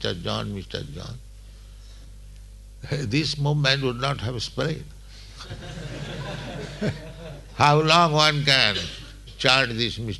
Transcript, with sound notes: John, Mr. John,' " this movement would not have spread. [laughter] How long one can chant this "Mr.